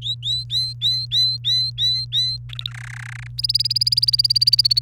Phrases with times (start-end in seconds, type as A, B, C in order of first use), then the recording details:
0.02-2.37 A, 2.49-2.70 B, 2.71-3.27 C, 3.38-4.82 D. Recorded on 29 April 2018 at 11:29. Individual llb3